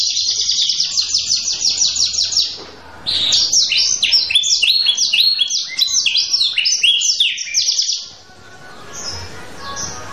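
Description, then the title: Canary song, a fast buzzy high trill, then a run of bouncing down-slurred notes, fading into quiet chirps near the end. Singing energetically with long rolling trills; presented to prompt other canaries to answer. "LANGSUNG NYAUT GACOR DOR Kenari Manasaja, Dengan Kicau Kenari GACOR NGOTOT ROLL PANJANG"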